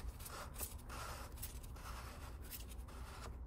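A plastic screen wash filler cap is screwed back onto the washer fluid reservoir filler neck of an Audi A4 Avant after topping up. Repeated scraping, rubbing bursts of plastic handling are heard throughout, with a brief faint tick at the very end around 3.5 s. The cap has not yet clicked or locked into place.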